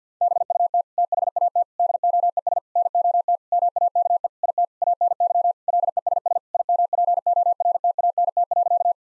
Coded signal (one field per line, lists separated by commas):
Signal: Morse code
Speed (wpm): 50 wpm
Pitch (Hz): 700 Hz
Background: none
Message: BUT THAT DOES NOT MAKE IT ANY LESS IMPORTANT.